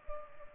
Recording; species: mosquito wingbeat signal from an infrared sensor; Culex pipiens